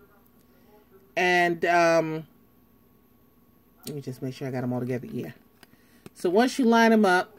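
Someone talks while lining up the plastic ring sections of a three-piece click-lock brush-drying cylinder (Sigma Beauty Dry n Shape Spa), handling them so each section will go into the adjoining one. Apart from the speech there is only a faint tick at about 0.3 s. Nothing has seated or clicked yet.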